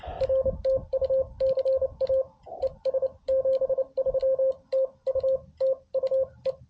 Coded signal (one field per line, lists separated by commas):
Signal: Morse code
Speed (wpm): 28 wpm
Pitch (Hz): 530 Hz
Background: radio noise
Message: R TU CA ES 73 TU TU E